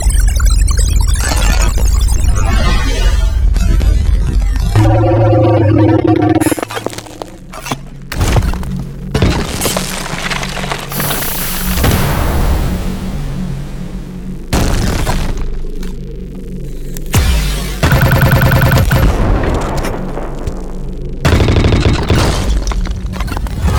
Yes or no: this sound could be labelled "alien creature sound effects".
yes